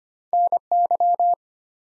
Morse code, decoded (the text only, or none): NY